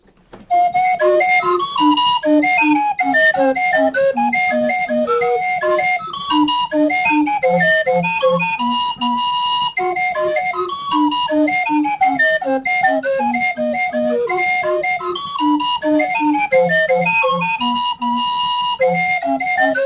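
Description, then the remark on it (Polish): A lively steirer (sztajerek) folk dance tune played from a hand-made tape, with a bright, chiming melody over a steady bouncing bass in triple-time rhythm, loud and continuous with no voices. “zaprezentuje teraz państwu sztajerka.”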